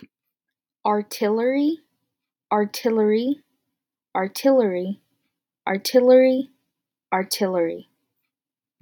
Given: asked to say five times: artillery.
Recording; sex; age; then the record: repeated word; female; 20 to 29 years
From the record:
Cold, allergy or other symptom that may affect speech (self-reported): no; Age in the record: 20 years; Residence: California, United States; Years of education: 14